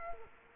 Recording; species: mosquito wingbeat signal from an infrared sensor; Culex quinquefasciatus